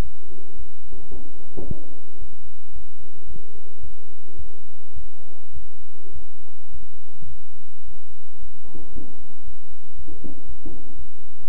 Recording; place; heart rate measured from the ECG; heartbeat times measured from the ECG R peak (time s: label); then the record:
heart sounds by stethoscope; between the tricuspid and mitral areas; 110 bpm
0.01 s: heartbeat
0.56 s: heartbeat
1.10 s: heartbeat
1.64 s: heartbeat
2.18 s: heartbeat
2.72 s: heartbeat
3.27 s: heartbeat
3.81 s: heartbeat
4.37 s: heartbeat
4.94 s: heartbeat
5.53 s: heartbeat
6.12 s: heartbeat
6.71 s: heartbeat
7.28 s: heartbeat
7.84 s: heartbeat
8.39 s: heartbeat
8.92 s: heartbeat
9.44 s: heartbeat
9.95 s: heartbeat
10.46 s: heartbeat
10.95 s: heartbeat
11.45 s: heartbeat
From the record:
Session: bicycle stress test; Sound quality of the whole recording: good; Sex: male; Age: 23 years